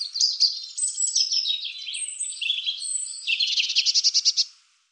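European robin singing a continuous high warbling phrase of varied notes, ending in a quick run of repeated ticking notes before falling silent.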